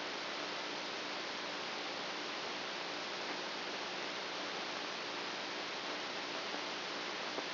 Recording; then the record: brain microelectrode recording played as sound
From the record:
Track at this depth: inside the subthalamic nucleus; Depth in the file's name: 3.502 mm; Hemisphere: right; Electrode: 2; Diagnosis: Parkinson's disease